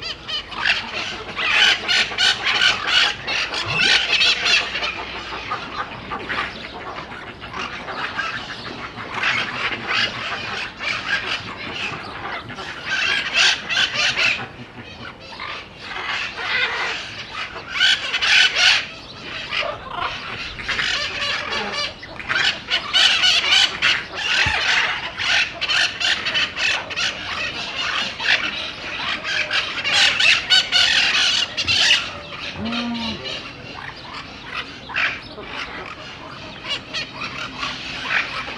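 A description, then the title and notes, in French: Inside a South American aviary, dense bright bird calls and squeals chatter continuously, swelling and dipping in bursts throughout, with occasional low thumps. Immersion sonore en Volière sud-américaine.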